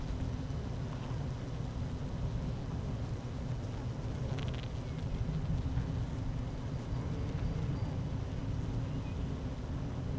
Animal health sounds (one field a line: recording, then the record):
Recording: honeybee colony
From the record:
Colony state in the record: active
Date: 12 June 2018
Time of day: 12:00